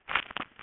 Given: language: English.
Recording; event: throat vibration sensor signal played as sound; swallow